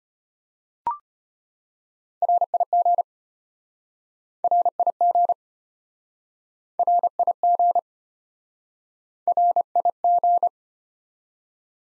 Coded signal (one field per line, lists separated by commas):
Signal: Morse code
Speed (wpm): 33 wpm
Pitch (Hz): 700 Hz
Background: none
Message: RIG RIG RIG RIG